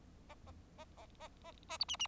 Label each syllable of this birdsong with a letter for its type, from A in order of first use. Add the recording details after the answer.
A A A A A A A B C C. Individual Bird4